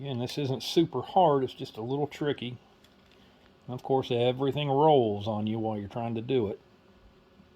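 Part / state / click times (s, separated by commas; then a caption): retaining clip on index arm bearing shaft of a reloading press / not seated / none. Someone talks while a second metal retaining clip is worked toward the groove on the index arm bearing shaft of a reloading press. Faint small handling ticks sound around 2.9 s and 3.1 s in the quiet gap between the talking. Nothing has seated or clicked yet.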